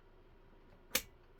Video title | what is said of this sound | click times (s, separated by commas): Jenee's Morse Sewing Machine final test/tutorial video | Push it in until you feel it click into place. | 1.0 s